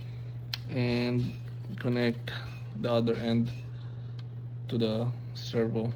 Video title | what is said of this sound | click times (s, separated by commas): Ugot Robot - Full Build - Engineering Vehicle Model | make sure it clicks, | 0.5 s